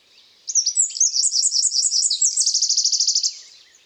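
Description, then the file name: Eurasian wren song: a high, energetic run of jumbled twittering notes running into a steady rapid trill. "Troglodytes troglodytes"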